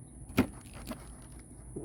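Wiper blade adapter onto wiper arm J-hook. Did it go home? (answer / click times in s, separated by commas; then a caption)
yes / 0.4 s. A wiper blade adapter, hooked around the wiper arm's J-hook, is pulled back and gives a single sharp click at 0.4 s as it seats into place. Quiet handling noise follows, with a faint steady high-pitched tone throughout.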